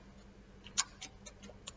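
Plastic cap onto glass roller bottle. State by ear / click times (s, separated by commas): not seated / none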